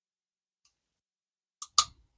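A small internal part is lined up with the plate of a vintage Zebco 600 spincast fishing reel during reassembly and pushed in until it engages. After a faint tick at 0.7 s, two sharp clicks come at 1.6 s and 1.8 s, the second louder with a brief low rattle. The part seats fully after not having been all the way engaged before.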